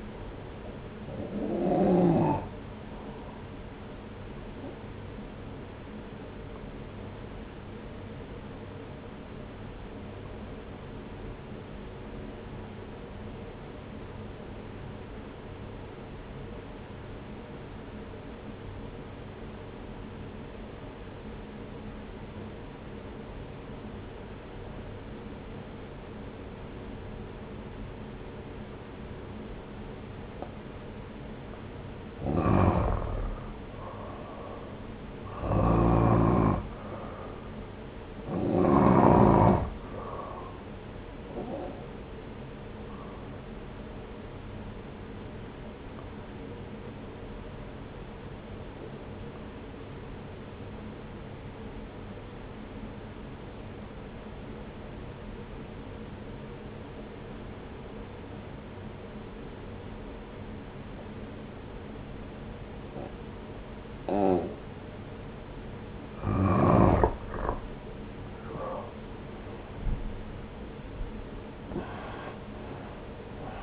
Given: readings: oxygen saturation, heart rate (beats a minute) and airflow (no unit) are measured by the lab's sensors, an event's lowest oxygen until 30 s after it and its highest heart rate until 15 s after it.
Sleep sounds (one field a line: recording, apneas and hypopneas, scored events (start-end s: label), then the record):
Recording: breathing in sleep by a voice recorder at the bedside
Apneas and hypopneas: 2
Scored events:
9.00-32.60 s: obstructive apnea (N2, oxygen 95% highest, then 89% lowest)
30.00-73.63 s: new sleep stage, N1 (lightest sleep)
46.00-67.40 s: obstructive apnea (N1, oxygen 94% highest, then 88% lowest)
From the record:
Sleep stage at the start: N2 (light sleep)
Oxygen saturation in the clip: 86 to 95%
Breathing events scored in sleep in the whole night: 303 in 8.1 hours asleep